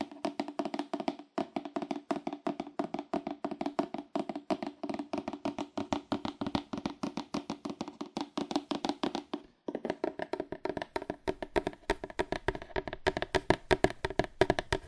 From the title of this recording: Fast Aggressive Cardboard Tapping